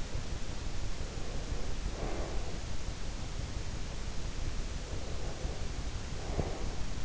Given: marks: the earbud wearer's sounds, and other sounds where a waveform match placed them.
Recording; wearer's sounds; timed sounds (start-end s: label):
sounds in sleep by an in-ear microphone; breath, teeth grinding
0.81-2.92 s: breath
4.82-7.05 s: breath
6.18-6.70 s: teeth grinding